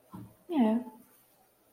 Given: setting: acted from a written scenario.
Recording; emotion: vocal sound without words; neutral